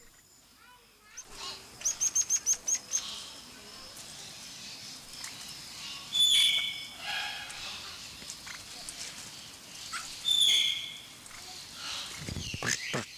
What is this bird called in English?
Red-winged Laughingthrush